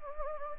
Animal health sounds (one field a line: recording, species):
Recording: mosquito wingbeat signal from an infrared sensor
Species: Anopheles gambiae